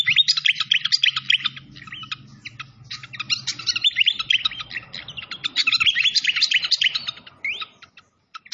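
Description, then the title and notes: Malaysian pied fantail song: chattering bursts of quick chirps and thin rising whistles, fading near the end, with faint running water below. Masteran training recording of the fantail's clear voice, locally called sikatan londo, mixed with the sound of flowing water. "Masteran Sikatan Kipas Suara Jernih Dan Suara Gemericik Air. Suara Burung Sikatan Londo"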